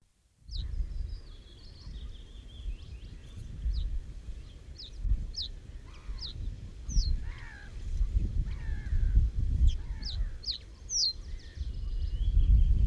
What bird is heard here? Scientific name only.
Emberiza schoeniclus